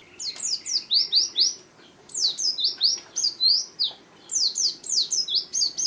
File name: pleci ngalas omkicau